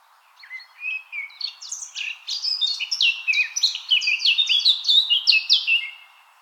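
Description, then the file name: Eurasian blackcap song: soft opening notes swell into a dense, fast warble of tumbling high phrases, ending on a lower drawn-out note. "Sylvia atricapilla"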